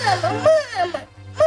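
A little girl crying in wavering, high-pitched wails broken by short sobbing breaths, fairly loud and continuous over a steady low hum.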